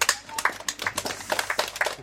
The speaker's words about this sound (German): Dann bitte ich um einen Applaus für Team 1. Wie gut fandet ihr es?